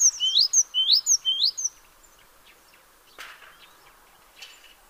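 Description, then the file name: Great tit opens with three loud high swooping notes, then faint chirps and a brief rustle. "Parus major"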